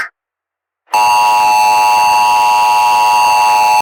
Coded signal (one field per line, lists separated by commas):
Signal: Emergency Alert System (SAME) tones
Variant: 853 and 960 Hz attention tone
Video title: Eastern Seaboard EAS